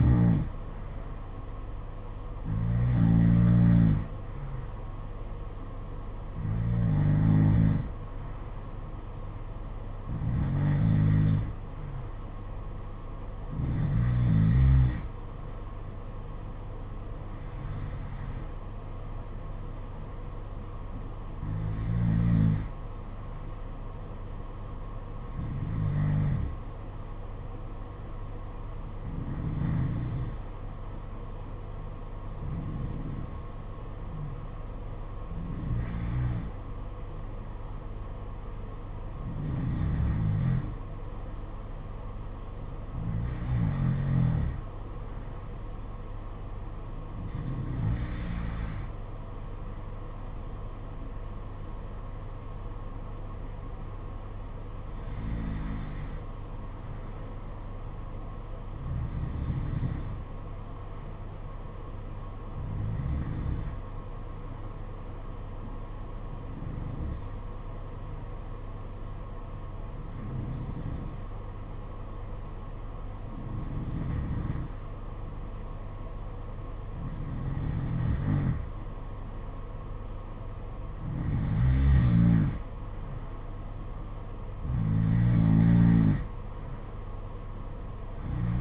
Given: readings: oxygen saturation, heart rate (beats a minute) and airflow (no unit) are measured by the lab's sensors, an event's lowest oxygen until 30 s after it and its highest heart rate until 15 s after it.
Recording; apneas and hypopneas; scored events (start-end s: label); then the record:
breathing in sleep by a smartphone at the bedside; 2
27.00-41.40 s: hypopnea (N2, oxygen 93% highest, then 90% lowest, heart rate 53 at the start, 57 highest)
68.00-82.40 s: hypopnea (N2, oxygen 94% highest, then 90% lowest, heart rate 53 at the start, 58 highest)
From the record:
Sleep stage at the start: N2 (light sleep); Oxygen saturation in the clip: 90 to 94%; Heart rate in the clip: 51 to 58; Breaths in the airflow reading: 24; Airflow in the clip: -8.6 to 7.6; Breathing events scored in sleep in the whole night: 476 in 9.7 hours asleep